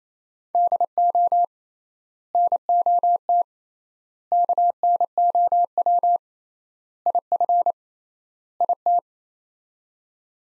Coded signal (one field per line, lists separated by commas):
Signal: Morse code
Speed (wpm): 27 wpm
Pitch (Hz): 700 Hz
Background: none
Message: DO NOT KNOW IF IT